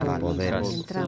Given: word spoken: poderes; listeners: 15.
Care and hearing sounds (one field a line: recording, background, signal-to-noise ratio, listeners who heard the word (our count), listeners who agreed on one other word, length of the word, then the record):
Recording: one Spanish word in noise, from a listening test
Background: four-talker babble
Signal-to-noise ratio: -0.8 dB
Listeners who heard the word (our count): 2 of 15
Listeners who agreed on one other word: 8 of 15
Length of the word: 0.67 s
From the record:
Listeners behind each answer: 8, 2, 2, 1, 1, 1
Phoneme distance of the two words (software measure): 14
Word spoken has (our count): 3 syllables, 7 phonemes, stress on syllable 2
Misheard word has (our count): 2 syllables, 5 phonemes, stress on syllable 2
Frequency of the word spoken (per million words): 37.63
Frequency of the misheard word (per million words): 438.52